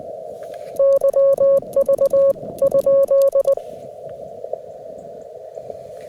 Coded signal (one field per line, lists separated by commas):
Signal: Morse code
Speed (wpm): 20 wpm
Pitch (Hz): 550 Hz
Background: none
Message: YV ?